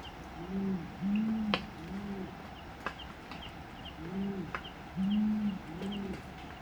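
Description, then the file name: Brown fish owl hooting duet: deep, booming hoots in two paired bursts, the calls overlapping and alternating, with small birds chirping faintly above. Male and female duetting; the two birds are separated into the left and right stereo channels. "Brown Fish Owl Hooting Duet Of Male Female Separated In Stereo"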